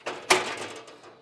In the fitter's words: push and lock into place